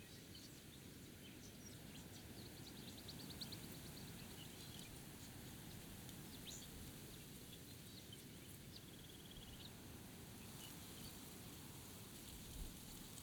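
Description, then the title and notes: Budgerigars cheeping, brief high chirps scattered in loose bursts, partly buried under strong, steady wind roar throughout. Budgerigars cheeping near Birdsville, Queensland, on a windy spring morning in September 2022; Sennheiser Ambeo 3D headset; recordist walks away and back. "Budgies on a Spring Morning in Birdsville, QLD. The Quiet. made near Birdsville, QLD in September 2022. Listen to the budgerigars cheeping away as the wind blows past you"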